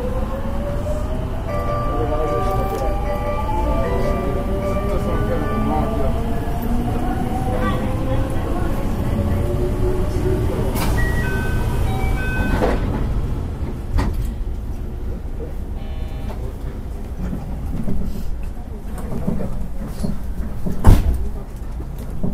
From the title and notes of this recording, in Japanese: JR221系 大和路快速 大阪から久宝寺まで。JR西日本221系電車の走行音です。大阪環状線から大和路線への直通列車、大和路快速で収録しました。